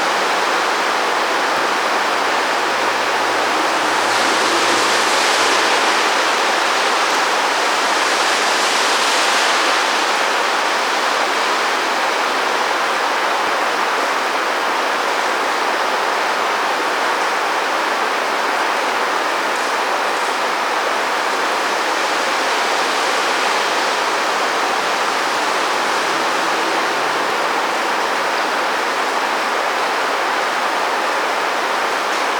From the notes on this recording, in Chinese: 來自我家的雨聲，這個是有採光罩版本的